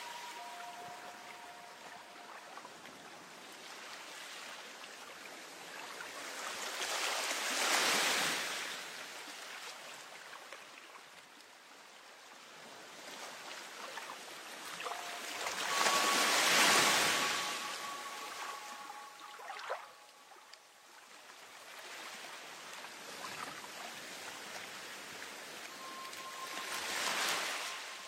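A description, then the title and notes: Waves wash in and draw back in a slow cycle, swelling to a bright hiss around 8, 16 and 27 seconds before fading to a low murmur. Thin steady tones, like whistles or birdsong, float faintly above the surf. Listen to the dreamy waves.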